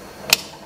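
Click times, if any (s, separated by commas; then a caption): 0.3 s. A pressure cooker lid is closed and turned onto its pot with ketupat inside, with the rim kept clear of leaves so it can lock. A single sharp click at 0.3 s stands out above quiet background noise as the lid locks in place. The lid is seated and locked.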